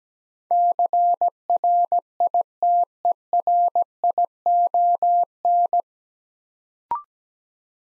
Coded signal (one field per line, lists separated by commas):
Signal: Morse code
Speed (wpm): 17 wpm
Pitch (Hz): 700 Hz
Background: none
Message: CRITERION